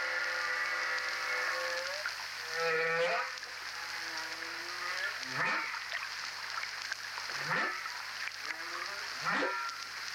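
Whale song: long tonal moans with harmonics, and sweeping downward calls repeated every two seconds or so, over a steady hiss.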